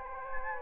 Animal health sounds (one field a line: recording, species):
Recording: mosquito wingbeat signal from an infrared sensor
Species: Anopheles gambiae